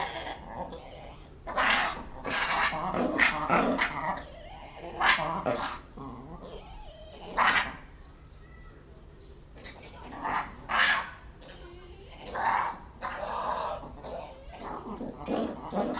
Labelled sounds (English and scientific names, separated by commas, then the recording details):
Black-and-white Ruffed Lemur (Varecia variegata) call
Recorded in captivity
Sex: pair
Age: adult
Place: Zoo Berlin, Berlin, DE
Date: 1994-04-16 10:49
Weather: heiter, 7-12°C
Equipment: Marantz CP 430, Sennheiser ME 80, Kopie Uher Variocord 263
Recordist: Tembrock, Günter
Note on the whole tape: Schwarzweißer Vari (L. v. variegatus): Paar, lautgebender meist abgewandt